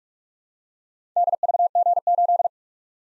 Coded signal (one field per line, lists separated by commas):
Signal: Morse code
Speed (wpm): 44 wpm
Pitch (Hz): 700 Hz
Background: none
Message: DVG8